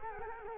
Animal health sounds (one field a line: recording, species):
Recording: mosquito wingbeat signal from an infrared sensor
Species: Culex quinquefasciatus